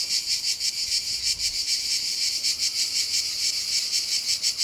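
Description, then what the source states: Cicada buzz, a high rasping sound that swells and fades in quick uneven pulses throughout. Cicadas at Castelvecchio di Rocca, Liguria, Italy.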